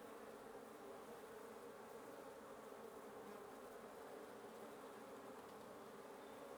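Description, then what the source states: Wasps buzzing in a continuous, even drone of many overlapping wingbeats, with no breaks or pauses. Wasp nest under the roof of the recordist's residence at 1a Avenida Norte 19, Antigua Guatemala, Guatemala; recorded in the morning.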